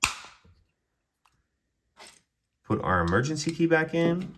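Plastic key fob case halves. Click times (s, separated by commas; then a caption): 0.0 s. The two plastic halves of a 2013–2017 Lexus LS460 remote key fob case are pressed back together after a new battery is installed, giving a sharp snap at 0.0 s as they seat. Faint handling noises follow around 0.5 s and 2.0 s, and then someone talks.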